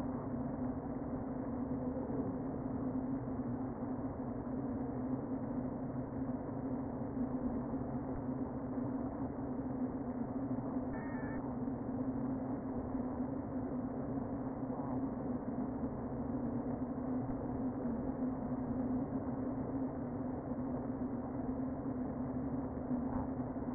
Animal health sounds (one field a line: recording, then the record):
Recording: honeybee colony, microphone inside the hive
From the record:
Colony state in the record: queen present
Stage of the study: before two queens were removed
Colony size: about 60,000 bees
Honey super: yes